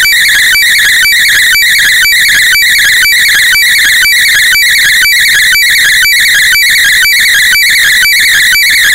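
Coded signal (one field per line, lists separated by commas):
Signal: weather fax (radiofax)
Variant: JMH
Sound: warbling, scratchy tone with a rhythmic tick-tock beat twice per second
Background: radio static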